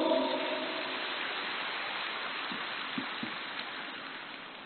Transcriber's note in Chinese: 掌声